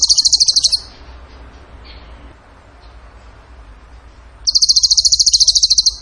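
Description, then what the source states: Bird song: two bursts of very fast, high, rattling trill notes, one at the start and one near the end, separated by a long quiet gap. Singing in gacor tembakan style, used as masteran to train other songbirds.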